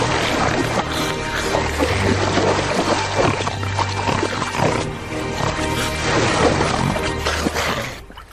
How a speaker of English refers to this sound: Splashing me, will you?